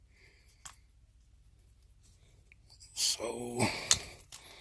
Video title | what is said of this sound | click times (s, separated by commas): Apple Watch 2, SUPCASE Unicorn Beetle Pro Unboxing and Installation | there it is. Snap right in, as you can see. | 3.9 s